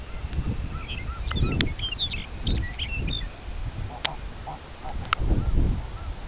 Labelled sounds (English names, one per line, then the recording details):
unidentified sound
Lapland Longspur
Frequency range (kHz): Lapland Longspur 1.8-7.6 kHz
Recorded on Arctic tundra, site CORI-1, on 13 June 2018
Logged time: 16:00